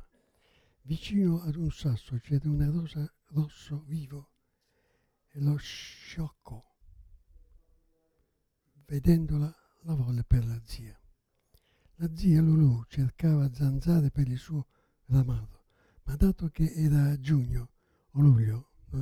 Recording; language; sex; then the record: read passage; Italian; male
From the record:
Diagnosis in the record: Parkinson's disease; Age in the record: 77 years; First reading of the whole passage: 65 s, 8.0 characters per second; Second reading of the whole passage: 61 s, 8.5 characters per second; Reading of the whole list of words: 50 s, 5.6 characters per second